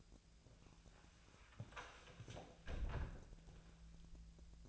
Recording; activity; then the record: daily activity, microphone in the room; close door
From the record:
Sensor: 2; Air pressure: 1000.4 hPa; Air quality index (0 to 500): 170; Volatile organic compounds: 3 ppm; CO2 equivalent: 1412 ppm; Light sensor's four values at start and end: 10/25/10/11 and 10/24/10/11